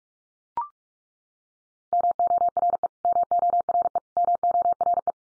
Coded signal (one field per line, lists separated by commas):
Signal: Morse code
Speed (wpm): 44 wpm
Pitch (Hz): 700 Hz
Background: none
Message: MORE MORE MORE